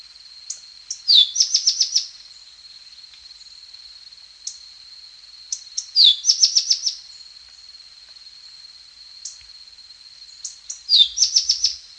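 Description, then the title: Tepui brush finch song: a high slurred downward note opening a rapid run of five or six sharp notes, repeated about every five seconds, with scattered soft chips and a steady high-pitched drone. "LuckyPassaro Completos2Sama. Tepui Brush Finch (Atlapetes personatus)"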